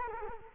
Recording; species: mosquito wingbeat signal from an infrared sensor; Culex quinquefasciatus